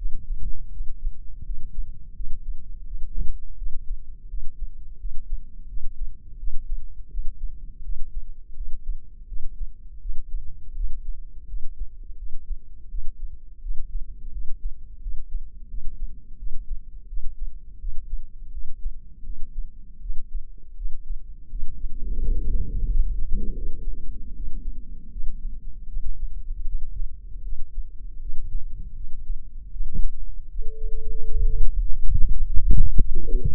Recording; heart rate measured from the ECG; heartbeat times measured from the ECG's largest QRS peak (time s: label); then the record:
heart sounds by microphone in the left ear; 83 bpm
0.71 s: heartbeat
1.44 s: heartbeat
2.14 s: heartbeat
2.85 s: heartbeat
3.56 s: heartbeat
4.28 s: heartbeat
4.98 s: heartbeat
5.67 s: heartbeat
6.37 s: heartbeat
7.09 s: heartbeat
7.83 s: heartbeat
8.55 s: heartbeat
9.26 s: heartbeat
10.00 s: heartbeat
10.74 s: heartbeat
11.47 s: heartbeat
12.17 s: heartbeat
12.89 s: heartbeat
13.61 s: heartbeat
14.31 s: heartbeat
15.01 s: heartbeat
15.68 s: heartbeat
16.37 s: heartbeat
17.07 s: heartbeat
17.79 s: heartbeat
18.51 s: heartbeat
19.24 s: heartbeat
20.00 s: heartbeat
20.75 s: heartbeat
21.49 s: heartbeat
22.21 s: heartbeat
22.88 s: heartbeat
23.55 s: heartbeat
24.34 s: heartbeat
25.11 s: heartbeat
25.88 s: heartbeat
26.65 s: heartbeat
27.43 s: heartbeat
28.20 s: heartbeat
28.95 s: heartbeat
29.71 s: heartbeat
30.49 s: heartbeat
31.29 s: heartbeat
32.02 s: heartbeat
32.70 s: heartbeat
33.38 s: heartbeat
From the record:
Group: healthy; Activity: rest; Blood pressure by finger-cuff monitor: 175/90 mmHg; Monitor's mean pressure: 109 mmHg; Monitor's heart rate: 82 bpm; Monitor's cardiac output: 8.3 L/min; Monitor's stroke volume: 102 mL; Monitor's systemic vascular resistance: 980 dyn s/cm5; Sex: male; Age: 57 years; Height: 188 cm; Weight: 106 kg